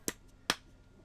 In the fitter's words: It won't close.